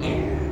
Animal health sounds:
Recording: contact call of a hoofed animal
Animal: pig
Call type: closed-mouth grunt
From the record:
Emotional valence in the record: negative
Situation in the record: short social isolation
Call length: 0.52 s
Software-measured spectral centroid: 1460 Hz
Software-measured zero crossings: 940 a second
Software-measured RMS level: -24 dBFS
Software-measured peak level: -13 dBFS

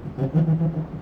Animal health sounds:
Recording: contact call of a hoofed animal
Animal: goat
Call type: low-frequency (closed-mouth) or high-frequency (open-mouth) call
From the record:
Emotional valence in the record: positive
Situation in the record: food anticipation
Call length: 1.02 s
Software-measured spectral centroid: 740 Hz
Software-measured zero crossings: 500 a second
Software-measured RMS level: -23 dBFS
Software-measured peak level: -13 dBFS

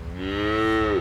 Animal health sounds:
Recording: contact call of a hoofed animal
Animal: cattle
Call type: low-frequency (closed-mouth) or high-frequency (open-mouth) call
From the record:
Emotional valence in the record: negative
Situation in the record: full separation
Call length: 1.02 s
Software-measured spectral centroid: 1660 Hz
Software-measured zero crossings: 1490 a second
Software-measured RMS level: -24 dBFS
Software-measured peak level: -11 dBFS

